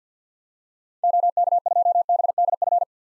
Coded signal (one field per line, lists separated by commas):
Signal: Morse code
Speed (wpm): 50 wpm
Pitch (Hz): 700 Hz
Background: none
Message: OK2BDF